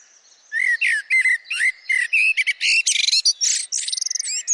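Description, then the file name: Eurasian blackbird pouring out an unbroken phrase of quick whistled notes that turns into a fast, high, buzzy twitter toward the end. "Turdus merula"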